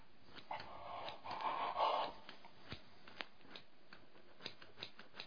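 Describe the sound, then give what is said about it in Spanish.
Scissors cut through the cloth covering a burn in two longer rasping strokes, followed by a string of quiet, sharp little snips and clicks spaced irregularly, with no voices. “Ay, ¿qué vas a hacer con esas tijeras? Cortar la tela que cubre la quemadura.”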